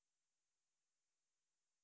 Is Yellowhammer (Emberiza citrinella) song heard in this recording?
no